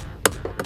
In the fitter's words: You hear a click.